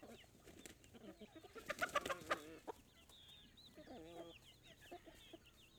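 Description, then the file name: Chicken: hens clucking in a rapid burst of loud harmonic clucks midway, then softer drawn-out clucks, with thin high chick peeps running through the background. "Galinhas cacarejando, pintinhos, bater de asas e galo canta longe"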